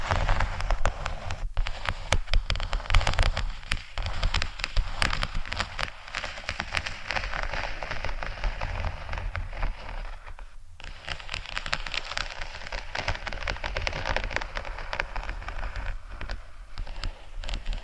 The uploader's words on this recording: ASMR Faux Leather Scratching（No Talking）.